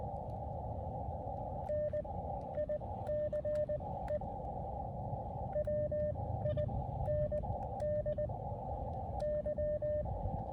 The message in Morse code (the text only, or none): NICE WINDY